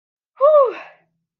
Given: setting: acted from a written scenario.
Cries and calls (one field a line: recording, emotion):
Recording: vocal sound without words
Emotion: relief